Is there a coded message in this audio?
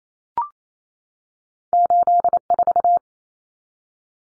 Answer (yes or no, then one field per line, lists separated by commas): yes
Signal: Morse code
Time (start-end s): 1.7-3.0 s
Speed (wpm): 28 wpm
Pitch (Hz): 700 Hz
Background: none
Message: 84